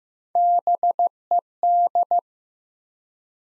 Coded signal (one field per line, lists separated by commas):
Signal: Morse code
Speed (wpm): 15 wpm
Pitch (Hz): 700 Hz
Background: none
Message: BED